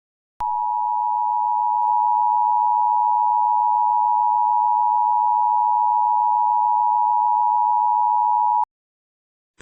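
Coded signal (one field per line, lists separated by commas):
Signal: Emergency Alert System (SAME) tones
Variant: 853 and 960 Hz attention tone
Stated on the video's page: Fictional EAS scenario, not a real broadcast.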